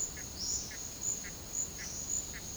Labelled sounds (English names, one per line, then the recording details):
none
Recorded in pastures near Puerto Asís, Putumayo, Colombia, on 12 March 2025 at 12:00
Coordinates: 0.502, -76.324
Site GP07